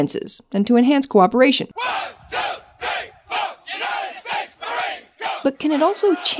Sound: sound of marching and USMC drill instructor

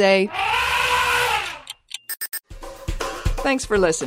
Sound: elephant trumpeting

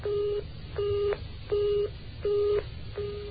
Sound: busy tone

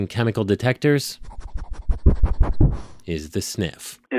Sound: sniffing sound

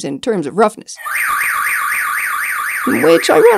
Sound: car alarm sound

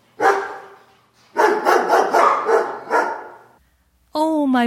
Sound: barking sound

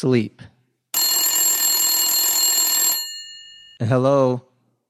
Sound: phone rings

